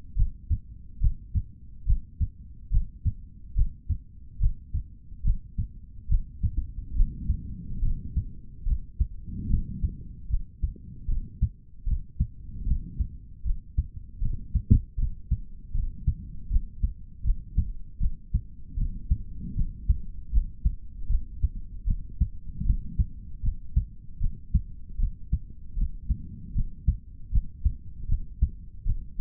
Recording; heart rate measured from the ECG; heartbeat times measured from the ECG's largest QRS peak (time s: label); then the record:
heart sounds by stethoscope; 75 bpm
0.14 s: heartbeat
0.99 s: heartbeat
1.85 s: heartbeat
2.69 s: heartbeat
3.54 s: heartbeat
4.38 s: heartbeat
5.22 s: heartbeat
6.07 s: heartbeat
6.94 s: heartbeat
7.80 s: heartbeat
8.64 s: heartbeat
9.47 s: heartbeat
10.28 s: heartbeat
11.06 s: heartbeat
11.85 s: heartbeat
12.64 s: heartbeat
13.43 s: heartbeat
14.19 s: heartbeat
14.96 s: heartbeat
15.73 s: heartbeat
16.49 s: heartbeat
17.23 s: heartbeat
17.99 s: heartbeat
18.75 s: heartbeat
19.54 s: heartbeat
20.31 s: heartbeat
21.08 s: heartbeat
21.86 s: heartbeat
22.64 s: heartbeat
23.41 s: heartbeat
24.19 s: heartbeat
24.97 s: heartbeat
25.75 s: heartbeat
26.53 s: heartbeat
27.31 s: heartbeat
28.07 s: heartbeat
28.84 s: heartbeat
From the record:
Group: healthy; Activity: breath hold 0-6 s, rest 6-29 s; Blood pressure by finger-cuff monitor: 128/79 mmHg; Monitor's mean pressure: 96 mmHg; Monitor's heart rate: 77 bpm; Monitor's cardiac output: 4.1 L/min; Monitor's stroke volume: 54 mL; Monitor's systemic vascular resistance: 1710 dyn s/cm5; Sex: male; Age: 55 years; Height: 167 cm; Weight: 57.2 kg